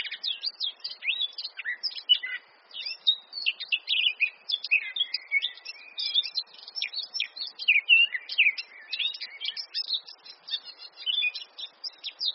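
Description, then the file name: Eurasian blackcap pouring out a hurried, varied warble of fluty whistles and harsh chatter, with a short pause early on. "Sylvia atricapilla"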